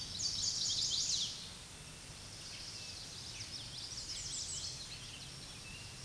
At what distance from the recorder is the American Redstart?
about 45 m